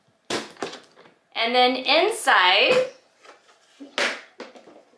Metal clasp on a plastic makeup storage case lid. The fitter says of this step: here's the metal closure which works perfectly still hear that snap